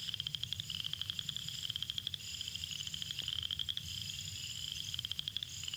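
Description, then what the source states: Southern chorus frog calling with rasping trills of clicking pulses in repeated bursts. Males calling from concealed positions, hard to locate; Florida, mainly pineland habitats; breeds in winter over most of its range, in spring and early summer in South Florida; call like a thumb run slowly down a comb's larger teeth.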